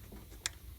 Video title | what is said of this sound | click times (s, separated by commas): Replacing MAF & HO2S | there we go there's the click and then i'm going to go ahead and put that retainer this is really important | 0.5 s